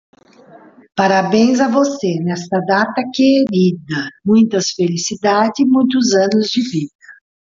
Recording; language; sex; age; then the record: short text; Brazilian Portuguese; female; 50 to 59 years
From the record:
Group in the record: control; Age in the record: 59 years